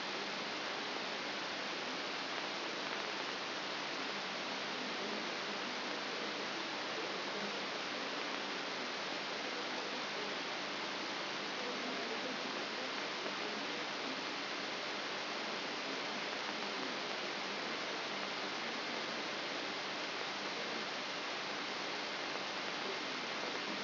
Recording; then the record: brain microelectrode recording played as sound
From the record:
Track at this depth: outside the subthalamic nucleus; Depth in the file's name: 5.701 mm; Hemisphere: left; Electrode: 3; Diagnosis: Parkinson's disease